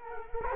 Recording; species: mosquito wingbeat signal from an infrared sensor; Culex quinquefasciatus